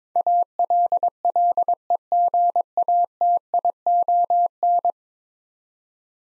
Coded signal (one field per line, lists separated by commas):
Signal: Morse code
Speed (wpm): 21 wpm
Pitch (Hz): 700 Hz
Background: none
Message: ALLEGATION